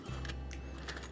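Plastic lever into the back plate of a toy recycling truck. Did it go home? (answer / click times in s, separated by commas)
no / none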